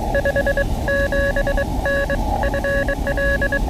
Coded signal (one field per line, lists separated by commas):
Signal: Morse code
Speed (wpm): 20 wpm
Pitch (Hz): 590 Hz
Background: none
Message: 57N FL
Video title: From Hamvention to the Hoosier State: A POTA Excursion with friends through Indiana's Past!